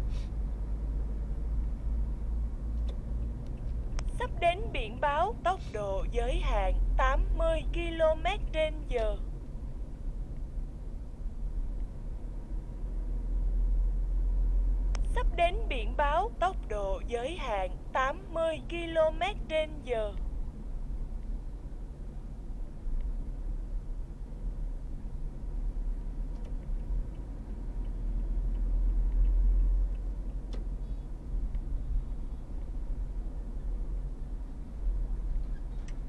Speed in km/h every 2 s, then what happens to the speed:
45, 48, 49, 52, 47, 46, 50, 52, 49, 45, 42, 42, 43, 47, 51, 52, 49, 48.
0-15 steady at about 48. 15-19 slows to 42. 23-28 speeds up to 51. 28-36 steady at about 49.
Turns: none.